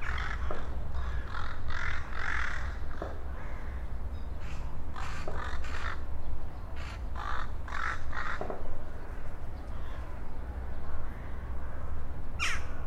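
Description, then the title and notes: Rook caws: many harsh caws from a flock, irregular and overlapping across the whole stretch, with a continuous low rumble. Rooks over the Oder at Psie Pole, Wrocław (GPS 51.132998, 17.046448), near the city canal opposite the old grain elevator, 17:30; Sony PCM-D50 recorder, Rode NT4 microphone, FEL BMA preamplifier. "Gawrony nad Odrą Lokalizacja: Psie Pole Czas: , 17.30. Nagrane w Poblizu Kanału Miejskiego - na przeciw starego elewatora zbożowego. Gawrony, odległy sygnał pociągu , przejeżdżające rowery. Autor nagrania: Bartosz Grzyb"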